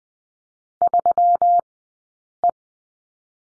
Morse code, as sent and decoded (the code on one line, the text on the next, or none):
...-- .
3E